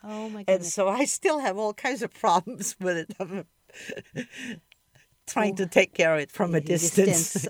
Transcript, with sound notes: Oh my goodness.
And so I still have all kinds of problems with it, (laughs) trying to take care of it from a distance.